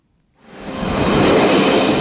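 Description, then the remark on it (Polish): A hydrogen fuel cell regional passenger train built by Alstom runs on German tracks: after a brief silence, a broad, steady rumbling whoosh swells up quickly and holds loud to the end, with no voices. “Na niemieckie tory wyjechał skład zasilany ogniwami wodorowymi.”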